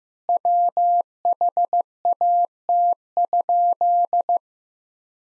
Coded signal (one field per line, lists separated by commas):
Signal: Morse code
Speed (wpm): 16 wpm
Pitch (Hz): 700 Hz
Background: none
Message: WHAT?